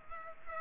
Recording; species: mosquito wingbeat signal from an infrared sensor; Culex pipiens